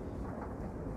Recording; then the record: background sound without coughing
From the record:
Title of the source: Train Ride Ambience ambient white noise for sleeping, focus, studying, reading